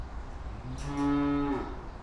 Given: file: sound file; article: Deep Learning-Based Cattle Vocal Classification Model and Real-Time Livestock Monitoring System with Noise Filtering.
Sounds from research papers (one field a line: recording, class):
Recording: cattle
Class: normal call